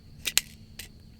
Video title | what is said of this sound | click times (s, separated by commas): Glock 43X + Shield Arms S15 Magazine: Is this the Perfect EDC Combo? | hear that click it's | 0.4 s